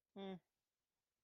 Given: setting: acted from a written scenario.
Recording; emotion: vocal sound without words; neutral